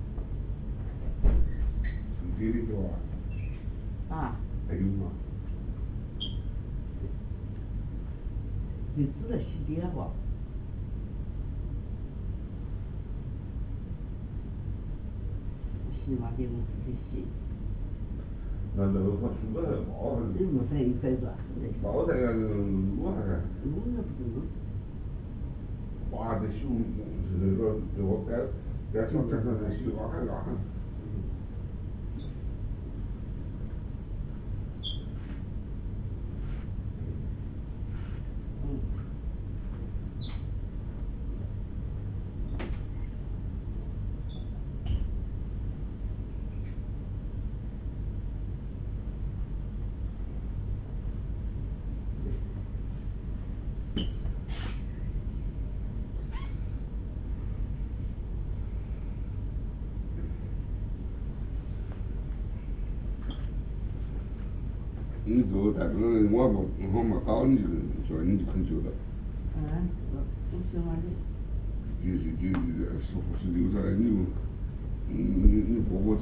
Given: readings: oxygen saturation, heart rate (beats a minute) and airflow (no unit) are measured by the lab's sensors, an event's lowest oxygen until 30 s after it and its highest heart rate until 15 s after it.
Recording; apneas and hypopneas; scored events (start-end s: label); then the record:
a person awake in a sleep study, by a smartphone at the bedside; none
0.00-76.22 s: awake
From the record:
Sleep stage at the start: awake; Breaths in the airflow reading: 29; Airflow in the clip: -0.8 to 0.7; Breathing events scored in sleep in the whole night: 449 in 7.0 hours asleep